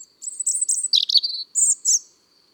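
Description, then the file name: European robin song: high, sparkling notes mixing very high squeaky bursts with lower fluttering trills, ending in two short shrill phrases. Recorded in January. "Janvier Le Rougegorge familier"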